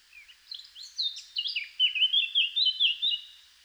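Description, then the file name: Eurasian blackcap song beginning with a few quiet notes, then a busy warble that turns into rich, fluty repeated phrases toward the close. "Sylvia atricapilla"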